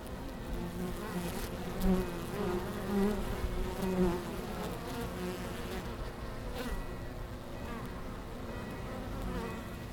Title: Langel, Köln, Deutschland - Bienen Anfang Oktober